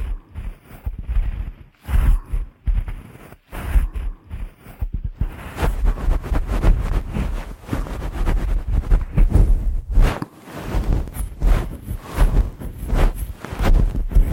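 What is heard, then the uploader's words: Wet, close-up ear licking and cleaning, with soft smacking and slurping textures that come in short bursts and pauses during the first five seconds. After that the sound grows denser and steadier, a continuous rustling wet friction with brief dips around ten seconds. ASMR Ear Licking Ear Cleaning.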